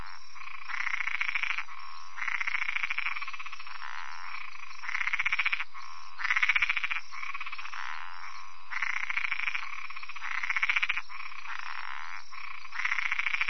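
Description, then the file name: Spot-legged treefrog calling in several rapid pulsed bursts, each about a second or shorter, separated by uneven gaps. "Boana albopunctata"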